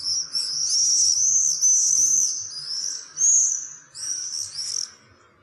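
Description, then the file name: Common swift giving shrill, buzzy screams in several drawn-out bursts. "taarnseiler"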